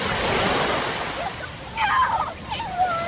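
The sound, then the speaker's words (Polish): Ocean surf in Hawaii washes in a steady, hissing roar that swells and recedes, with a few brief higher-pitched voices or calls rising over the water in the second half. “Część z nich wypije szampana na oceanie na deskach surfingowych”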